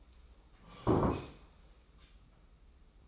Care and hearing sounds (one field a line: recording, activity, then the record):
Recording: daily activity, microphone in the room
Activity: sit down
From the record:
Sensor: 1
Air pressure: 991.7 hPa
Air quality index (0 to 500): 152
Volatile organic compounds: 1000 ppm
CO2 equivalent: 5648 ppm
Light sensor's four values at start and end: 30/100/39/39 and 30/102/39/40